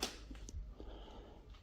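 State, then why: Seated. The charging port flap on the rear bumper of a Mercedes W205 hybrid estate has just been refitted and closed, and the car is locked. The flap's locking mechanism gives sharp clicks at 0.0 s and 0.5 s, followed by a few fainter taps. The flap lock engages and the flap is now locked.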